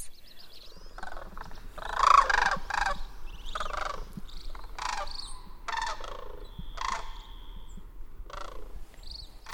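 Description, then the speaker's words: Sandhill cranes giving rolling, rattling calls in irregular bursts. Migrating cranes heard in the fall. "My favorite sound, though, happens in the fall. The migrating sandhill cranes."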